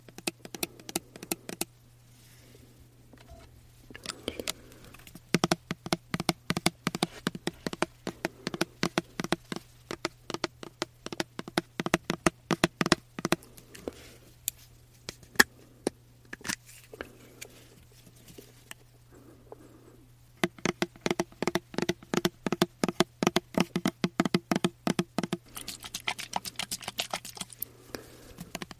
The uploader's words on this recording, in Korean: ASMR 말없이 디퓨저, 바디미스트 탭핑 , 흔드는 소리.